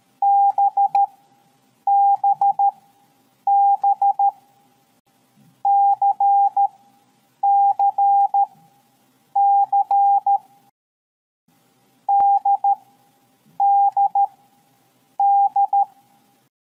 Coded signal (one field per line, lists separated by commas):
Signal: Morse code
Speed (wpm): 13 wpm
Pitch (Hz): 800 Hz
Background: none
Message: BBB CCC DDD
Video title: 50. KOMUNIKASI - MORSE CODE #navy #psstldm #atm #tldm #navyreservist